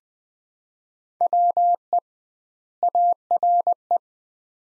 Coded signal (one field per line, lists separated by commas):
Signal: Morse code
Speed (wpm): 21 wpm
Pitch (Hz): 700 Hz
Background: none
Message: WE ARE